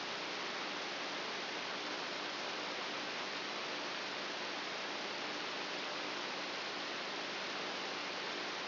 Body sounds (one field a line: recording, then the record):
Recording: brain microelectrode recording played as sound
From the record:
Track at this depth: outside the subthalamic nucleus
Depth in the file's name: 6.44 mm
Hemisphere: right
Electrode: 2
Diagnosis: Parkinson's disease